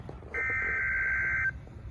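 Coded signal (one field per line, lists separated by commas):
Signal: Emergency Alert System (SAME) tones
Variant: header bursts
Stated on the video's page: Required weekly test from a NOAA weather radio station, received on Midland weather radios; beep tone from either the WR-300 or WR-100.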